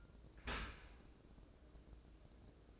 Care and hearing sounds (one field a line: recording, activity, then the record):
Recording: daily activity, microphone in the room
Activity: open dishwasher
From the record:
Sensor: 2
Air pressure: 1012.2 hPa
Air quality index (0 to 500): 132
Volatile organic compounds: 2 ppm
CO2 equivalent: 978 ppm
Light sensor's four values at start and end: 314/768/312/319 and 313/765/311/318